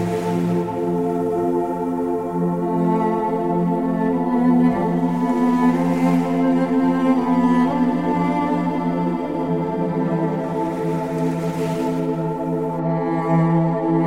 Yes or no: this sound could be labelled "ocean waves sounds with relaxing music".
yes